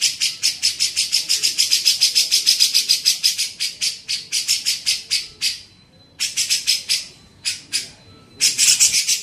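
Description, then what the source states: Grey-cheeked bulbul: long fast series of harsh buzzy notes, then broken shorter bursts, ending in another dense chattering run. Training song (masteran) for songbirds.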